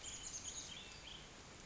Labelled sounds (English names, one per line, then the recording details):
Chestnut-backed Chickadee
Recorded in Sonoma County, California